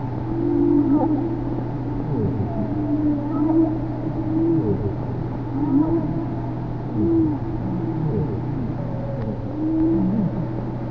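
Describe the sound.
Whale calls, short upswept and downswept tonal cries in a dense chorus over a constant low hum.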